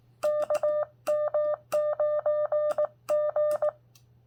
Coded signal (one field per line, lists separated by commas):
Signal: Morse code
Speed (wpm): 18 wpm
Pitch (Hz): 600 Hz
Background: none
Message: KM9G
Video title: How good is it for a new ham?